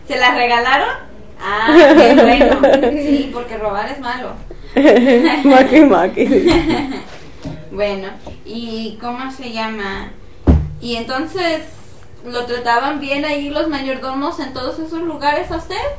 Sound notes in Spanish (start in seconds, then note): 1.7 risas; 4.7 risas; 7.0 risas